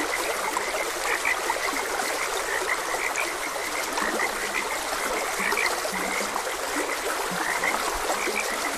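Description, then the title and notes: Frogs give brief chirpy croaks again and again, with a few lower croaks, against constant flowing water. Frogs croaking beside a gentle stream. "Frogs Croaking. Sleep and Relaxation Podcast"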